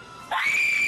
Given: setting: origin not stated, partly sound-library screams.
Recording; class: one-second piece from a danger detection set; woman in danger